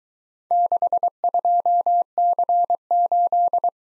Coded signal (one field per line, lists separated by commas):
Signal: Morse code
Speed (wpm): 23 wpm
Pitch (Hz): 700 Hz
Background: none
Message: 62C8